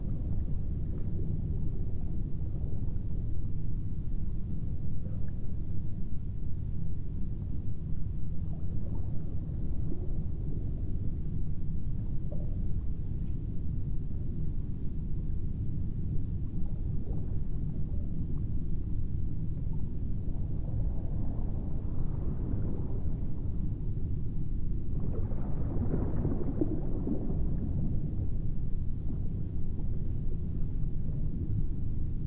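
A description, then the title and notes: A steady, heavy low drone of fans and underwater humming fills the recording at an even level throughout. Around twenty-two and again at twenty-six seconds, muffled swells of bubbling water rise and fade, and a faint high whine stays in the background. Secret Underwater Observation Room.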